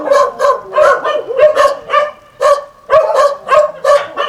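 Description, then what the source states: Dogs barking in quick bursts, many sharp barks in rapid succession. Several dogs at El Borge.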